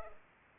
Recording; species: mosquito wingbeat signal from an infrared sensor; Culex pipiens